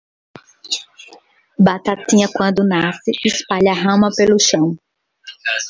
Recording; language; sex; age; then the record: short text; Brazilian Portuguese; female; 40 to 49 years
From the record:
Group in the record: control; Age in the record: 46 years